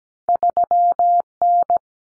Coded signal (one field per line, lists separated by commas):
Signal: Morse code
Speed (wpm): 17 wpm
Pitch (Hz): 700 Hz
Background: none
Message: 3N